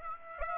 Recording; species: mosquito wingbeat signal from an infrared sensor; Aedes aegypti